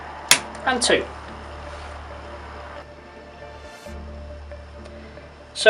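A second auxiliary contact module is pushed into the right-hand accessory pocket of a Siemens 3VA molded case circuit breaker and snaps into place with a sharp click at 0.3 s. Someone talks right after the click, and the module is seated.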